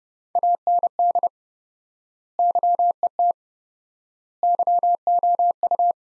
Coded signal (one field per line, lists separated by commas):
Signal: Morse code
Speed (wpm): 30 wpm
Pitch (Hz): 700 Hz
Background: none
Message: AND YET YOU